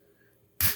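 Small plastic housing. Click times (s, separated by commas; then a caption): 0.6 s. The two plastic halves of a 2009–2010 Volkswagen Tiguan key fob shell, put back together after a battery replacement, are lined up, squeezed and slid together. After a quiet stretch, a single sharp plastic click at 0.6 s marks the halves snapping shut and seating in place.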